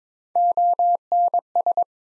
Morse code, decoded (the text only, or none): ONS